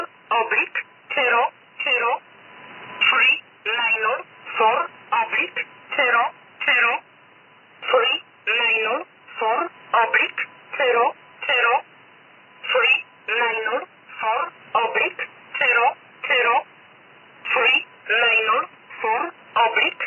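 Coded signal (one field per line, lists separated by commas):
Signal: numbers station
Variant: E11 'Oblique'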